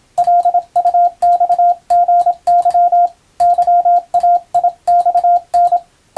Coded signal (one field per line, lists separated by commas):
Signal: Morse code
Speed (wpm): 26 wpm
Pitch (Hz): 700 Hz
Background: radio noise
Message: LUXGY YAIXN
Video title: ボケ防止に昔楽しんだモールス符号を思い出そう！YouTubeの再生速度を聞き取りやすい速度に設定して受信練習を始めてみませんか(morse code practice radio operator )